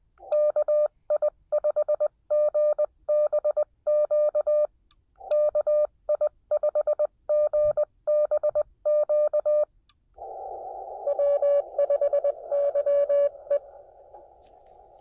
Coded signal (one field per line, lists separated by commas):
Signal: Morse code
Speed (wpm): 20 wpm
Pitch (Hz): 590 Hz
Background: none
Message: KI5GBQ KI5GBQ W5YE